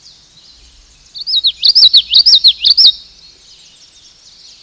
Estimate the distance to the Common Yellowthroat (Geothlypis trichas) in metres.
about 5 m